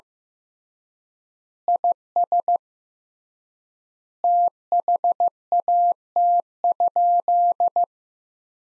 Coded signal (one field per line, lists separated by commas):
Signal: Morse code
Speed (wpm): 16 wpm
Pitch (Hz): 700 Hz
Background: none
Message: IS THAT?